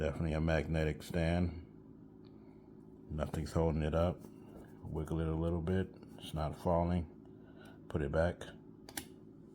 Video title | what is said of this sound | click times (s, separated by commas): "Do You Dare Try The Gillette 5 Blade Razor? Here's What Happened..." | here it clicks into place so yeah it's probably a metal | 8.9 s, 9.0 s